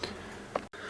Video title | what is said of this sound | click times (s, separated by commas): Lego Army Crossing the Line Duo Le Pin Bootleg DLP9027 DIE CAST GUNS Review | well you can see that the goggles are hanging there but um they don't there's no click | none